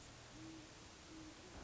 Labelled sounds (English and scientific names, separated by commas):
Great Horned Owl (Bubo virginianus)